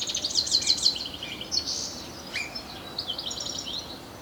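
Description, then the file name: European goldfinch calls: quick tinkling, liquid twitters and short buzzy chirps in rapid bursts, with a brief rising note in the middle over soft background noise. "Carduelis carduelis"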